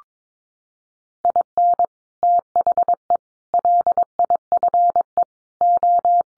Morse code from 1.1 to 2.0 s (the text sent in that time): IN